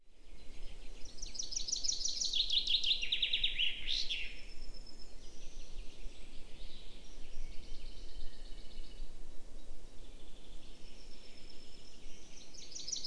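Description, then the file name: Common chaffinch song: a bright descending trill of repeated notes ending in a sharp flourish, around three seconds long, with fainter similar songs later over steady low rumbling background noise. "Fringilla coelebs"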